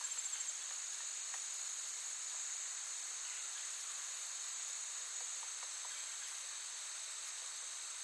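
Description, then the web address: Insects droning in a steady high chorus with several layered bands, a brief pulsing burst at the start and faint soft ticks beneath. Forest ambience with active insects, looped. "Blastwave AMBIENCE Forest. forest active insects birds loop"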